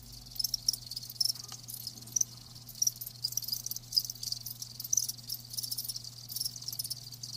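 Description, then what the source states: Crickets chirping softly in thin high pulses, with scattered brighter chirps above a continuous shrill background and a low hum. Live crickets chirping.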